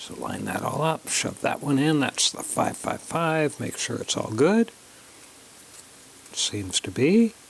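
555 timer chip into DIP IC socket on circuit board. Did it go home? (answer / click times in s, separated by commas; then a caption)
no / none. A 555 timer chip with a plastic body and metal pins is lined up and pushed toward its DIP socket on a kit circuit board while someone talks. There is a quiet pause from about 4.7 to 6.4 s before the talking resumes. Nothing has seated or clicked into the socket yet.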